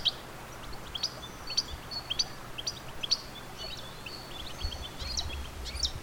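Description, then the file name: European goldfinch giving high, liquid chirps in quick little bursts, irregularly spaced, with a constant low hum underneath. "Carduelis carduelis"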